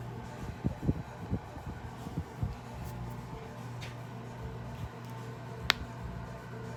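A hookah fitting with a rubber gasket is pushed into its connection port, with a few soft low thumps early on over a steady low hum. A single sharp click at 5.7 s marks the fitting snapping in and seating.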